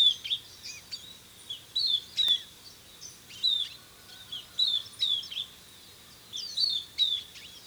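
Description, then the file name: Southern beardless tyrannulet repeating high, thin, downslurred whistles singly and in short clusters throughout, with steady faint background noise. "Camptostoma obsoletum - Southern Beardless Tyrannulet"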